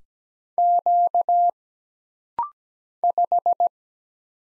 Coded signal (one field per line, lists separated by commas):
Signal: Morse code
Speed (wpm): 17 wpm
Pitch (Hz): 700 Hz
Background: none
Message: Q 5